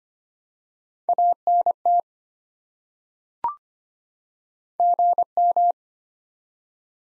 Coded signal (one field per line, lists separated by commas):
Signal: Morse code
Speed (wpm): 25 wpm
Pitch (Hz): 700 Hz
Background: none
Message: ANT GM